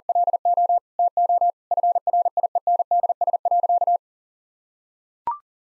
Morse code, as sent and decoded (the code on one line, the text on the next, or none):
.-.. --- / - --- / ..-. .-. .. . -. -.. ... .-.-.-
LO TO FRIENDS.